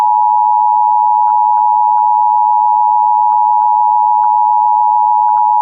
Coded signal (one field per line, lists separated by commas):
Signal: Emergency Alert System (SAME) tones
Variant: 853 and 960 Hz attention tone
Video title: [EAS] Severe Thunderstorm Warning for City of Bemidji (7/24/2026)